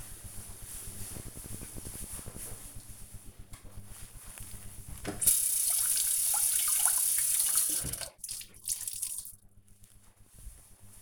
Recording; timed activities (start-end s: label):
household activities, microphone on the right wrist
3.09-11.02 s: cleaning table